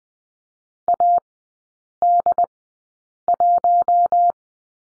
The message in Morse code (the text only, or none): AD1